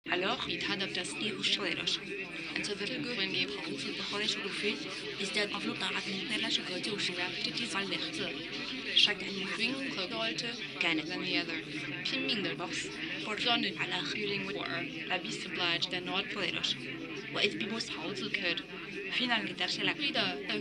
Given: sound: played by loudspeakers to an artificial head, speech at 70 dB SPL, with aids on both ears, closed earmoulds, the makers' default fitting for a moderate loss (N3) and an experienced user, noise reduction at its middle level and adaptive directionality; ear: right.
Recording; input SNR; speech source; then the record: speech test signal (ISTS) in cocktail-party noise; 0 dB; in front (0 degrees)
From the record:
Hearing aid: class 2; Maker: D